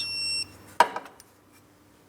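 An engine oil level sensor on a 2004-2008 Pontiac Grand Prix (3.8L) is tightened into the engine oil pan with a torque wrench set to 15 ft lbs. A steady high tonal beep plays until about 0.4 s, then the wrench gives a sharp click at 0.8 s, followed by fainter ticks at 1.0 s and 1.2 s. The wrench clicks at its setting.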